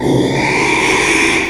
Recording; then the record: squeal of a Yucatan mini pig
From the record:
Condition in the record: after surgery on the right vocal fold (resection and tissue-engineered implant); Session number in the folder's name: 1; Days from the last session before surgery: 6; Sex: male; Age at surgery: 12 weeks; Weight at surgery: 13 kg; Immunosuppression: cyclosporine, prednisolone